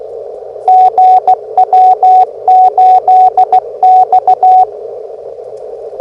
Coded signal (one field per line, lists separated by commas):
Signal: Morse code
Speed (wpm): 17 wpm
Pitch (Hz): 740 Hz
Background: radio noise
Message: GW8X